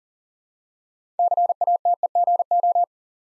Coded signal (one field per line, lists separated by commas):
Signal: Morse code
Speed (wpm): 40 wpm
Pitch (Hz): 700 Hz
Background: none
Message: CATEGO